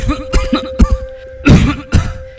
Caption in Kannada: ಏನೀ ಆಳದ ಕೆಮ್ಮು ನಿಲ್ತಾನೆ ಇಲ್ವಲ್ಲಪ್ಪ? ಬುಕ್ ಬುಕ್ನ ಕೆಮ್ತಾನ, ಬುಗ ಬುಗ್ನ ಒಗ ಬಿಡ್ತಾನೆ ಇರ್ತಾನ. ಈ ಬೀಡಿ ಸಿಗರೇಟ್ ಸೇದೋದಿಂದಾನೆ ನಿನಗೆ ಕೆಮ್ಮು ಬಂದಿರೋದು.